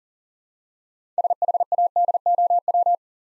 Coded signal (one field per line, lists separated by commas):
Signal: Morse code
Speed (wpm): 41 wpm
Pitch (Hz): 700 Hz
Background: none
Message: SHADOW